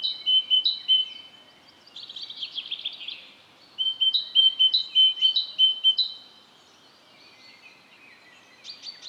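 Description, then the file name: Great tit song, a bright see-saw of two clear notes repeated rapidly in bursts, with short pauses and a brief buzzy jumble between phrases. "Parus major"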